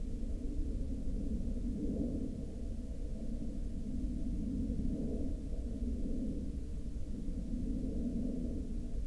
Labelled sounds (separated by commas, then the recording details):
aircraft
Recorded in the Prudhoe Bay oil fields, Alaska, on 19 July 2019 at 18:08
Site 13